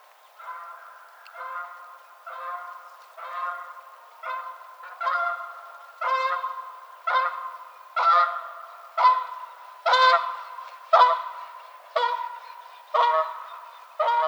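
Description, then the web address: Canada goose honking, loud nasal honks repeated about once a second in a steady series. Recorded 22 March 2007. "Canada Goose 2007 03 22"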